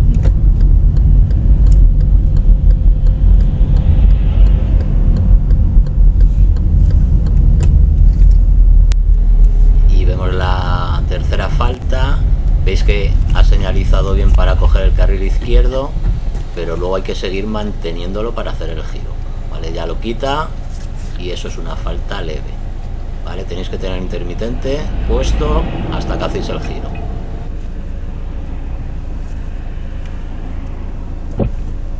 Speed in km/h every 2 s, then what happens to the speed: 24, 24, 24, 22, 18, 16, 15, 8, 3, 0, 0, 0, 0, 0, 0, 0.
0-17 slows to 0. 17-32 standing.